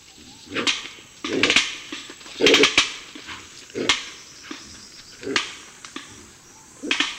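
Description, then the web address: White-lipped peccary making sharp, abrupt clacking barks, repeated irregularly every second or so, some doubled, with quiet gaps between. South American rainforest mammal. "Natures Songs S America Mammals of the Rainforest White-lipped peccary"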